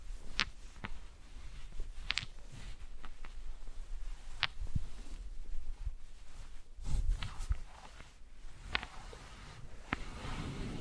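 Wooden balls are handled and tapped, giving sharp, bright clicks scattered irregularly, about one every second or two, with a small cluster near the two-second mark. Between the knocks there are soft rustles, a low rumble, and a busier patch of handling around seven seconds.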